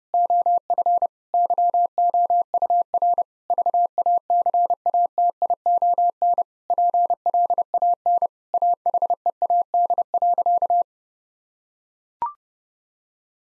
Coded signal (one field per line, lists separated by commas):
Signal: Morse code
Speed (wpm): 32 wpm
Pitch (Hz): 700 Hz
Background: none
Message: OF YOUR VACATION PLAN AHEAD.